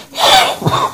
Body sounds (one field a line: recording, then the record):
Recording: coughing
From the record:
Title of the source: Spring Allergy Coughing